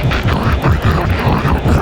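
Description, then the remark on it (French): A loud, steady airplane engine drone fills the whole moment, a low rumbling roar layered with a broad hiss that holds constant without pause. “Vite, montez dans l'avion! Nous n'avons plus de temps!”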